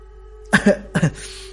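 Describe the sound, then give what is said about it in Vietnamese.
A dry cough in two quick, rough bursts, a short pause between them, over a faint steady hum; no one speaks. “Tôi ho khan một tiếng không nói.”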